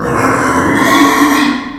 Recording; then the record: squeal of a Yucatan mini pig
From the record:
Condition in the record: after surgery on the right vocal fold (resection and tissue-engineered implant); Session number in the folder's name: 4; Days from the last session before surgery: 26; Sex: female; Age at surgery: 19 weeks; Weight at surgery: 25 kg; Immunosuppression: prednisolone